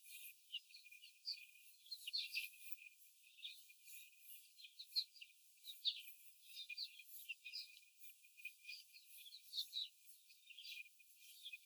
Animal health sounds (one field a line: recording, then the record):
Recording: young laying hens in a cage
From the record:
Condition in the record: before the stressor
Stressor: simulated dog barking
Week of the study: 4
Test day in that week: 1